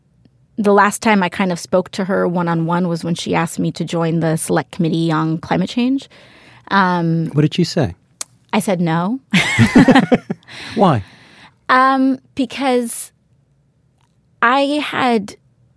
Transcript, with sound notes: The last time I kind of spoke to her one on one was when she asked me to join the Select Committee on Climate Change.''
''What did you say.''
''I said no.'' (Laughter)
''Why?''
''Because I had